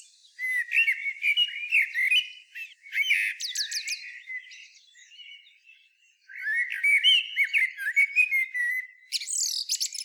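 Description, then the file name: Song of the common blackbird, sliding fluted whistles and twittering high flourishes, phrases repeated with short quiet gaps. "Turdus merula"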